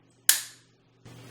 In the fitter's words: till it clicks like that when you untighten it then there's a possibility through shooting